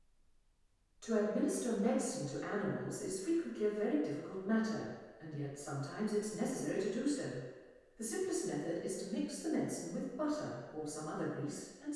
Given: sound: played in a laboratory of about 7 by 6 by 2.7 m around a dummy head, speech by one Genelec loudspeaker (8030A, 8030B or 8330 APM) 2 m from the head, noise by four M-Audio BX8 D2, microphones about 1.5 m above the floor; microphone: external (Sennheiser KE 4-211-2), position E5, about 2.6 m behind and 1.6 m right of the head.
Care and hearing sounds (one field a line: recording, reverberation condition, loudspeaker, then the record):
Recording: female speech in English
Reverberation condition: high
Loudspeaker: 90 degrees to the left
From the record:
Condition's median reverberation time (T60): about 1300 ms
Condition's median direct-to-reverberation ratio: about -4.0 dB